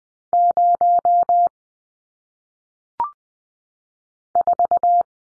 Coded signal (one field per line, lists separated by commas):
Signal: Morse code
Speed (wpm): 20 wpm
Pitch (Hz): 700 Hz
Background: none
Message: 0 4